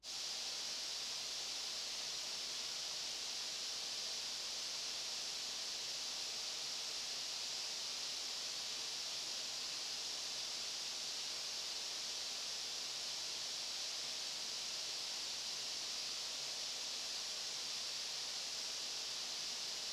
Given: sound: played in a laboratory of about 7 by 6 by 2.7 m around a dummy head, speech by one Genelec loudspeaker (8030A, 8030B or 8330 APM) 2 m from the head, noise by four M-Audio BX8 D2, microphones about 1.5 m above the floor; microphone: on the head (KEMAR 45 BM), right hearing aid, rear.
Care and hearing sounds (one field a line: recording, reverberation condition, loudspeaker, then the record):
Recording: white noise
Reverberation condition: high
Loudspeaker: four, about 170 cm from the corners of the room and facing them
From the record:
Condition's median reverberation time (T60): about 1300 ms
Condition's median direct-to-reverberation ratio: about -4.0 dB